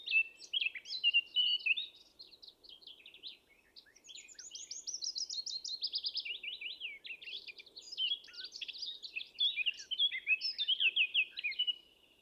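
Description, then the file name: Eurasian blackcap giving a sustained, lively warble of chattering and slurred notes, including quick repeated down-sweeping elements, nearly unbroken for twelve seconds. "Sylvia atricapilla"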